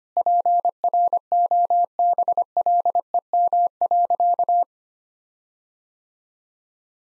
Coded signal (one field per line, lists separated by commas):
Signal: Morse code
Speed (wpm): 25 wpm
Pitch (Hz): 700 Hz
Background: none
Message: PROBLEM.